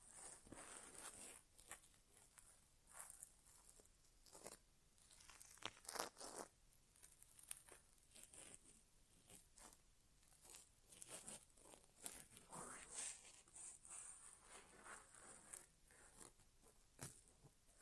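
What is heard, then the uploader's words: An ASMR inner ear exam without talking: dense crinkly scratching and rustling, irregular bright clicks and scrapes throughout, with quiet hiss between. ASMR Inner Ear Exam (No Talking).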